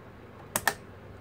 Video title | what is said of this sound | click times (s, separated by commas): GPU Mining With R9 390x 8GB OC & How to Assemble a Mining Rig for Ethereum, Dash, LBRY & More Part 2 | it snaps into place push down even moderately and in the middle snap | 0.6 s, 0.7 s